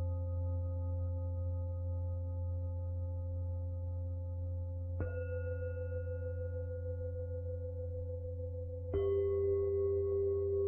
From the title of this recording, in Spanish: Cuencos Tibetanos